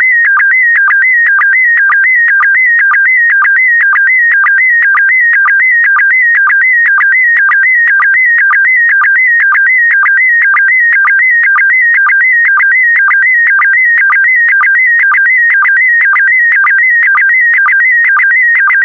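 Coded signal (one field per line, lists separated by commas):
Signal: SSTV (slow-scan television)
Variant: PD120 mode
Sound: warbling, chirping tone shifting in pitch, with a rhythmic low blip about twice a second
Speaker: the next image transmission will start in 10 seconds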